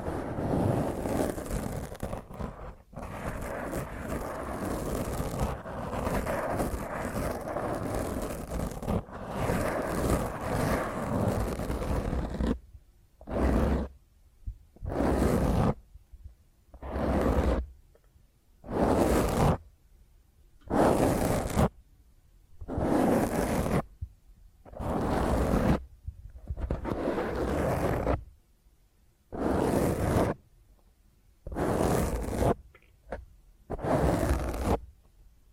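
Fingernails scratch roughly and intensely across a microphone. For the first twelve seconds the scraping is continuous, dense and rasping. After that it breaks into separate strokes about a second long, separated by short silences, repeating steadily to the end.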